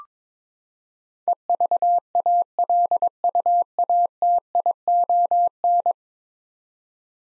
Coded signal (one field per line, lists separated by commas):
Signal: Morse code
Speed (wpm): 22 wpm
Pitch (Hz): 700 Hz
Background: none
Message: EVALUATION